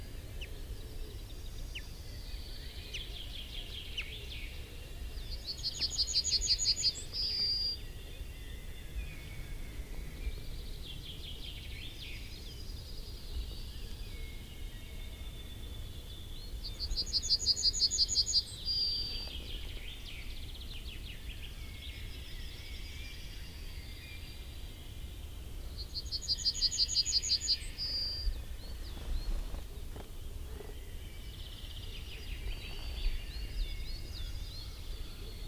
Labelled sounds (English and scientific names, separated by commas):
Yellowhammer (Emberiza citrinella)